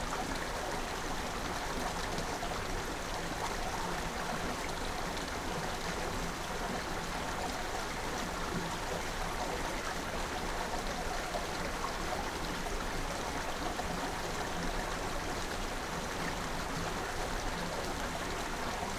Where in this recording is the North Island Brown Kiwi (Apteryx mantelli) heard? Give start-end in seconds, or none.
none